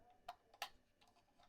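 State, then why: Seated. A Sony Alpha camera's removed battery door is fitted onto its storage spot on a Neewer VG-C4EM battery grip: the spring hinge pin is pulled down and released. Two short, sharp clicks sound at 0.3 s and 0.6 s, the second louder, against a quiet background. The door clicks into place on the grip holder and is seated.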